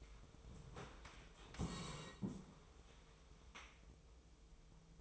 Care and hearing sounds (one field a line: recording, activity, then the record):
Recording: daily activity, microphone in the room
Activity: sit down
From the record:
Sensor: 1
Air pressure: 1005.2 hPa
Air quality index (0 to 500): 124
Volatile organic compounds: 5 ppm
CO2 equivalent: 1732 ppm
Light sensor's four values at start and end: 11/26/11/11 and 11/27/11/12